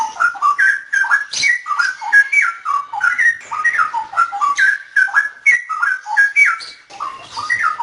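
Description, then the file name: Straw-headed bulbul song: loud, rich whistled phrases bubbling up and down in pitch, repeated almost without pause, liquid and melodious. Local name cucak rowo; song style called ropel. "suara burung cucakrowo ropel"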